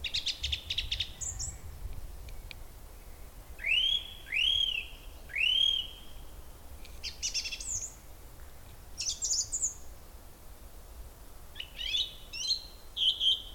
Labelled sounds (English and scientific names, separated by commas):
Song Thrush (Turdus philomelos)